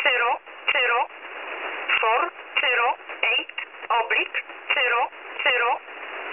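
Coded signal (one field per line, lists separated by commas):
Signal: numbers station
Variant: E11 Oblique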